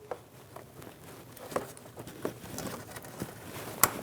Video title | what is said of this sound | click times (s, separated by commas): How to Replace Front Wheel Bearing & Hub Assemblies 2001-2006 Chevrolet Silverado 2500 HD | Push until you hear a click. If you don't, give it a pull. Make sure it's locked on. | 3.8 s